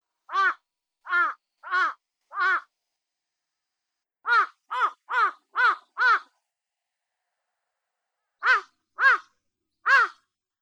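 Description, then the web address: Large-billed crow giving harsh, hoarse caws in groups: four, then five, then three, each call short and evenly spaced, with clean silence between bursts. "hashibutogarasu"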